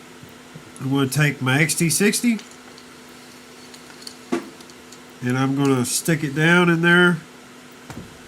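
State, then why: Seated. An XT60 battery power connector is pushed down into its holder on an FPV racing drone frame while someone talks. A faint click at 7.9 s marks the connector seating in its mount.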